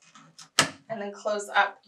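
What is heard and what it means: The plastic dust compartment lid on a Miele Compact C2 Electro+ canister vacuum body is closed after the dust bag has been tucked into the canister. It snaps shut with a sharp, loud hit at 0.6 s, latching the lid. Someone talks before and after the snap.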